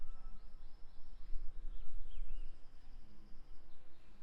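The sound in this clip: Bird song of faint, short chirped and slurred whistles, several quick rising and falling notes in the middle, over a steady low rumble.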